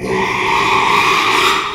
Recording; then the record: squeal of a Yucatan mini pig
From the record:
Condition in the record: after surgery on the right vocal fold (resection and tissue-engineered implant); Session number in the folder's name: 1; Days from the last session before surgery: 6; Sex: male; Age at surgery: 12 weeks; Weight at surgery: 13 kg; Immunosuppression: cyclosporine, prednisolone